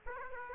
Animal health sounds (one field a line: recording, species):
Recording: mosquito wingbeat signal from an infrared sensor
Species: Aedes aegypti